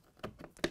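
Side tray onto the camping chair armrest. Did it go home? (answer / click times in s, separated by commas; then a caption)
yes / 0.6 s. The removable side tray of an Outwell Acadia folding camping chair is put back onto the armrest, front edge first, then pressed down. Faint knocks at about 0.2 and 0.4 seconds lead to a sharp, louder click at 0.6 seconds as the tray clips into place.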